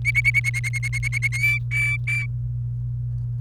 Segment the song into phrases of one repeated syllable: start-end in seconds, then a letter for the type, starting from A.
0.05-1.28 A, 1.32-2.26 B